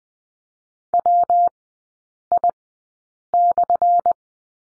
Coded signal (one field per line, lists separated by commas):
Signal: Morse code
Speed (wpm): 20 wpm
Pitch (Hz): 700 Hz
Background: none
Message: WI/